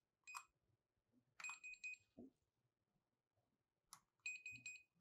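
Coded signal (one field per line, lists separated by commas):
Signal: beep code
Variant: access control keypad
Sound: short key-press chirp, then a rapid pulsed high beep; the sequence repeats twice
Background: indoor handling noises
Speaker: and is beeping twice telling me that this fob is already programmed to this keypad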